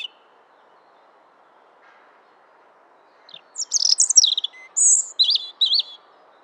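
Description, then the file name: European robin song: about three seconds of quiet, then a high jumbled run of trills and thin whistles, followed by a few clear wavering whistled notes. "Erithacus rubecula"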